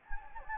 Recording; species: mosquito wingbeat signal from an infrared sensor; Anopheles gambiae